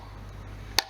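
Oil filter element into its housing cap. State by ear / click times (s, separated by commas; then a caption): seated / 0.8 s. A new oil filter element for a Peugeot 407, fitted after its new seal, is pushed onto its plastic housing cap. A single sharp click sounds at 0.8 s over a low steady background hum, and the element is seated in the cap.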